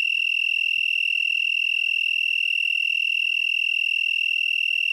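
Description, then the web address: Broad-winged tree cricket song: an even, sustained high-pitched trill running without pause. "Crickets and Katydids. Broadwinged Tree Cricket, Oecanthus latipennis"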